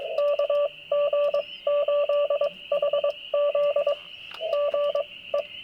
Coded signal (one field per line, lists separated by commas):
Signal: Morse code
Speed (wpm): 22 wpm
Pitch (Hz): 580 Hz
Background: radio noise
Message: KG8HZ GE